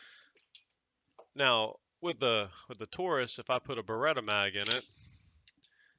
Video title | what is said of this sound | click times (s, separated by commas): Taurus PT92AF or BERETTA 92FS | it doesn't lock into place it'll hold the slide back | none